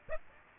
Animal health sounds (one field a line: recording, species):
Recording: mosquito wingbeat signal from an infrared sensor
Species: Aedes aegypti